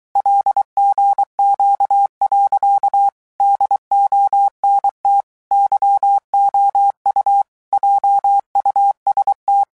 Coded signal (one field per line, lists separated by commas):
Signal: Morse code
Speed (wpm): 23 wpm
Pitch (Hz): 800 Hz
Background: none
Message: LGQ. DONT YOU JUST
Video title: Royal Navy Radio Operators Submarines